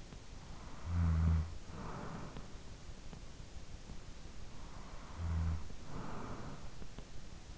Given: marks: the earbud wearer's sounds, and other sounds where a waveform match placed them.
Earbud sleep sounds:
sounds in sleep by an in-ear microphone; snoring breath
0.00-3.02 s: snoring breath
4.47-7.16 s: snoring breath

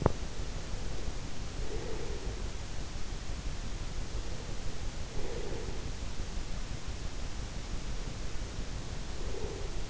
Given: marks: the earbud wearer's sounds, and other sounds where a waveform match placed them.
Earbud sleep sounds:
sounds in sleep by an in-ear microphone; teeth grinding, breath
0.00-0.19 s: teeth grinding
0.52-2.30 s: breath
4.06-5.81 s: breath
7.76-9.70 s: breath

